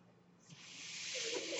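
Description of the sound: Soft airy hiss swelling over about a second, the airflow sound of a home mechanical ventilator delivering a breath.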